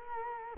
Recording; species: mosquito wingbeat signal from an infrared sensor; Culex quinquefasciatus